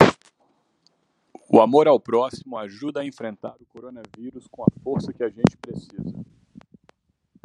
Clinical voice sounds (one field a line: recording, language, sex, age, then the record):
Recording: spoken sentence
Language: Brazilian Portuguese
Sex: male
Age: 30 to 39 years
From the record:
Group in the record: control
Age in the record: 35 years